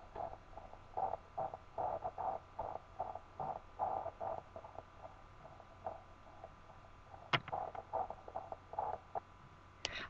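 Faint, rapid whooshing pulses at about 146 a minute: a fetal heartbeat at about 14 weeks of pregnancy, picked up by the midwife's Doppler ultrasound and played back through a mobile phone, so very faint.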